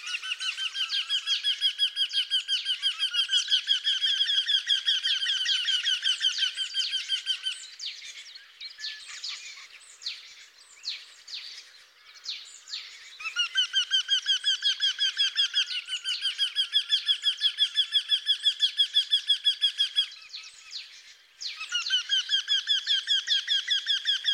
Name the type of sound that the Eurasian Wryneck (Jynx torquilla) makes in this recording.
song